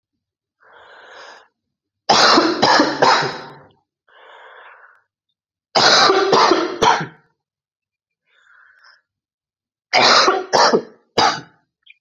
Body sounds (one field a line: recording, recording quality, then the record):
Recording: heavy voluntary cough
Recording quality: excellent, no background noise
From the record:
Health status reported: recovered from COVID-19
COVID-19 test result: positive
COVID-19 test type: RT-PCR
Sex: male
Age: 27 years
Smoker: yes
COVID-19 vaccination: both doses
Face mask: not worn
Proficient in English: yes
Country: India